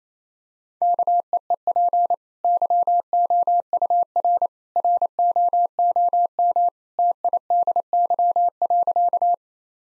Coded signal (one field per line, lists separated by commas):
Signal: Morse code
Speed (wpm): 27 wpm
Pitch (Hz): 700 Hz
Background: none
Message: KEEP YOUR ROOM TIDY.